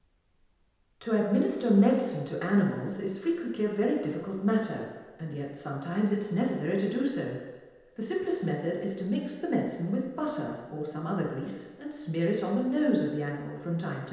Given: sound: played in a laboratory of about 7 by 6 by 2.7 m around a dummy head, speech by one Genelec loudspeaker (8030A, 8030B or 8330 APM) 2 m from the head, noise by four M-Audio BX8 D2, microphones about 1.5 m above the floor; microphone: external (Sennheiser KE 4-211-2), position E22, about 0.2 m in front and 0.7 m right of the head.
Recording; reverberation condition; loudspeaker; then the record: female speech in English; high; 120 degrees to the right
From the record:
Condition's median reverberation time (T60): about 1300 ms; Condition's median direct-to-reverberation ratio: about -4.0 dB